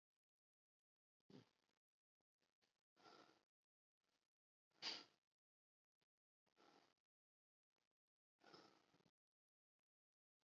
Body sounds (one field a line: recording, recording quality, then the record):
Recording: deep breathing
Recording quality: excellent, no background noise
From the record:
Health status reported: healthy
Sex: female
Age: 18 years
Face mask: not worn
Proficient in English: yes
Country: India